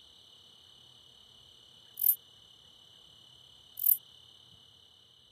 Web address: Songs of Insects. Treetop Bush Katydid